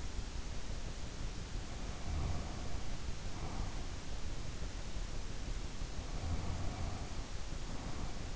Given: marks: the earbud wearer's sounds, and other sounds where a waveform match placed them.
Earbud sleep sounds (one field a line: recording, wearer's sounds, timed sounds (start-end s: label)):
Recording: sounds in sleep by an in-ear microphone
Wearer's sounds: snoring breath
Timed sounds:
1.67-4.00 s: snoring breath
5.97-8.36 s: snoring breath